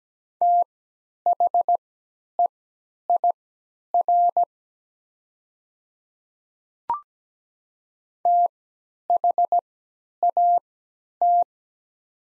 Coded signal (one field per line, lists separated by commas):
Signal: Morse code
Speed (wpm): 17 wpm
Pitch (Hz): 700 Hz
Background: none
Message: THEIR THAT